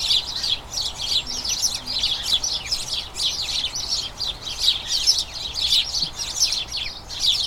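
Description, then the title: Flock of house sparrows keeping up busy, incessant chirping, many quick sharp notes overlapping throughout. A colony of about a dozen house sparrows chattering incessantly in a small front garden as crocuses bloom, the colony turning toward the breeding season. "Sound Escape. the soothing conversations of a flock of house sparrows"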